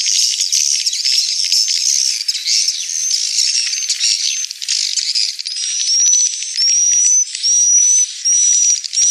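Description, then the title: Swiftlet twittering chorus that thins out, leaving clear high upslurred chirps repeated roughly every second near the end. Swiftlet house lure sound from Tien Giang, Vietnam, AKAU brand track used to attract swiftlets to a bird house. "Am thanh nha yen Akau Vietnam - Tien giang"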